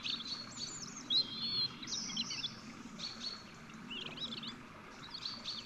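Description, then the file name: European robin song, thin, wavering high phrases running almost continuously, with a steady low background rumble. "Erithacus rubecula"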